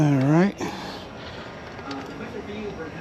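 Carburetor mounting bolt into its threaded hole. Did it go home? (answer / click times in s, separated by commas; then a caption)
no / none. A carburetor mounting bolt is being started into its threaded hole while the carburetor is reinstalled on a 1984 Harley Davidson Tour Glide Classic motorcycle. Someone talks briefly at the start, followed by faint, low handling noise with no distinct click. The bolt thread fails to catch, so nothing has seated or clicked yet.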